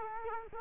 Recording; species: mosquito wingbeat signal from an infrared sensor; Culex quinquefasciatus